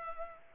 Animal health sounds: mosquito wingbeat signal from an infrared sensor; Culex pipiens

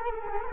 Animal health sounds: mosquito wingbeat signal from an infrared sensor; Culex quinquefasciatus

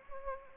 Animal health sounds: mosquito wingbeat signal from an infrared sensor; Anopheles arabiensis

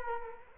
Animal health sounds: mosquito wingbeat signal from an infrared sensor; Culex quinquefasciatus

